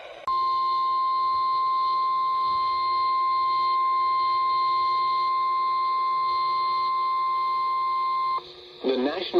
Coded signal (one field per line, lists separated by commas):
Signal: Emergency Alert System (SAME) tones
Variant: 1050 Hz attention tone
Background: speech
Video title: Multicellular Misery - EAS Alerts from 8/30/24 || EAS 1,449-1,465